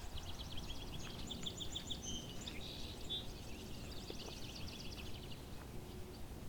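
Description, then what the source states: Barn Swallow twittering: quick series of high chirps and short trills over a steady low rumble of background noise. Barn swallows at the pond.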